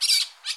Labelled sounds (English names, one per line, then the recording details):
Brown-throated Parakeet contact call
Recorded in Curacao
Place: Hoffi Jan Thiel
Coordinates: 12.094, -68.877